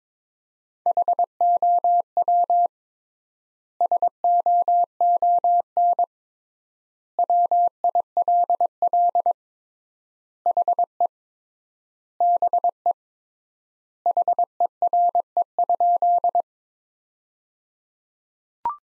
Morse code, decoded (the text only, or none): HOW SOON WILL HE BE HERE?